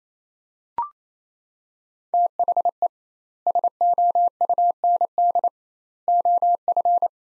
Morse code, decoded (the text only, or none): THE SOUND OF